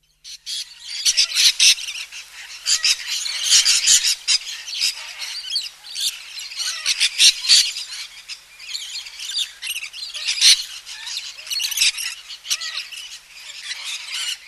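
Little corella flock screeching, a steady wall of harsh overlapping squawks from many birds, rising and falling in loudness without pause.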